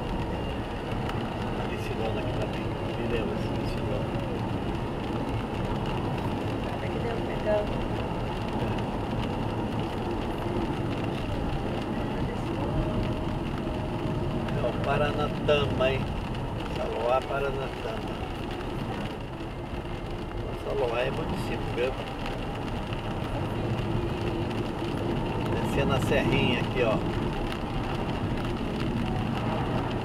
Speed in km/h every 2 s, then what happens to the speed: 73, 73, 76, 77, 78, 72, 66, 67, 68, 68, 70, 71, 72, 67, 62.
0-8 steady at about 76. 8-12 slows to 66. 12-24 steady at about 68. 24-30 slows to 62.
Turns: none.